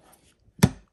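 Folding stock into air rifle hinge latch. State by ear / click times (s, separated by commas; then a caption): seated / 0.6 s. The folding stock of an Epic Airguns Epic Two air rifle is swung over into its hinge latch and locks with a single sharp, solid click at 0.6 s. Only faint ticks follow, and the stock stays locked in place.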